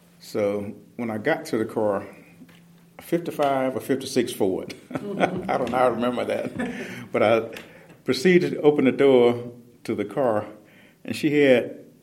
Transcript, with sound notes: So when I got to the car–a ’55 or ’56 Ford (laughter) I don’t know how I remember that–but I proceeded to open the door to the car, and she had